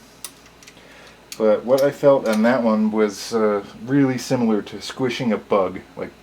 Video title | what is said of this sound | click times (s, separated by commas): Dillon 1050 and 650 Beginners Operating tips , tricks and things you wont find in books. | Alright, that one felt, and it's still not seated completely, | 0.2 s